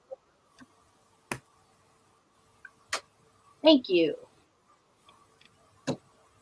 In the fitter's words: and then clearly that snaps onto there